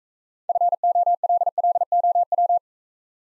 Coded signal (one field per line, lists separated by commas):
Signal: Morse code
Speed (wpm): 43 wpm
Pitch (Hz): 700 Hz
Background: none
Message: FOLLOW